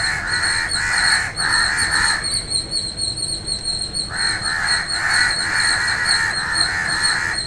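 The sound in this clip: Bird calls: bursts of harsh, raspy caws, a pause of about two seconds, then more caws, over a steady high-pitched whine.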